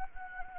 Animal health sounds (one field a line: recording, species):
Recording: mosquito wingbeat signal from an infrared sensor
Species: Anopheles gambiae